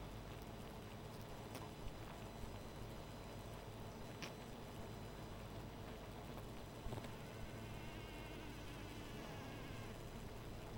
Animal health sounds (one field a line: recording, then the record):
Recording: honeybee colony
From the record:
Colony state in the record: missing queen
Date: 14 July 2017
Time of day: 0:13